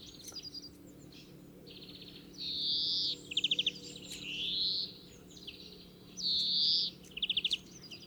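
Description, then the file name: European greenfinch alternating long wheezy buzzes with short rattled trills, set against a faint low steady hum. "Chloris chloris"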